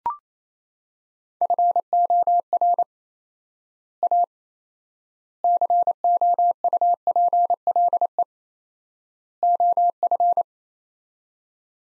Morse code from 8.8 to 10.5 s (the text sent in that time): OF